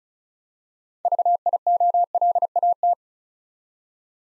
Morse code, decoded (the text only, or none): VIOLAT